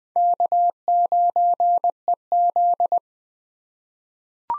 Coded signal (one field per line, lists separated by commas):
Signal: Morse code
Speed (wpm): 20 wpm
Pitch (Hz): 700 Hz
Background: none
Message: K9EZ